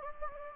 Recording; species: mosquito wingbeat signal from an infrared sensor; Anopheles gambiae